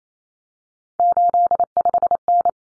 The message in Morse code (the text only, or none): 85N